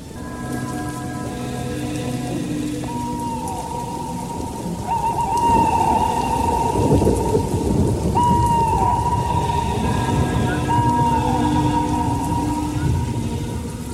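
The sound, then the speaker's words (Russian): A heavy but brief evening downpour of rain hisses steadily throughout, with deep rumbles of thunder swelling in the middle and a few faint tonal calls sounding over the roar. “Под вечер пошел проливной, хотя и непродолжительный дождь.”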